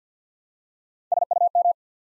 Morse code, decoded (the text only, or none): SUM